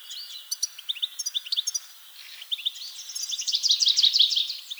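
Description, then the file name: European goldfinch making light, high chirps in short groups, then a denser stretch of tinkling twitters, over a faint background hiss. "Carduelis carduelis"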